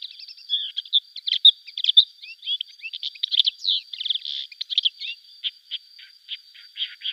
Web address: Schulze Peter Lesser Grey Shrike song